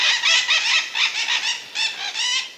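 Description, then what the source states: Scarlet-fronted parakeets screeching: harsh, grating calls given in a rapid series, with a brief gap before a final few. Fruit-eating bird attracted to fruits whose waxy surfaces reflect ultraviolet.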